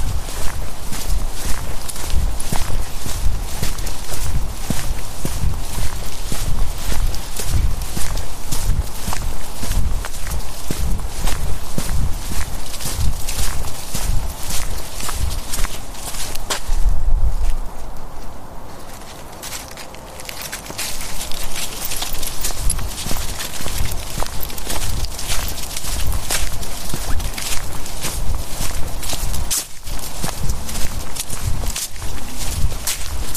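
Footsteps crunch steadily through a damp winter forest at midday, dense and regular, with a low rumble underneath. Around seventeen to twenty seconds the steps pause and it goes quieter before the walking resumes, with a brief break near thirty seconds.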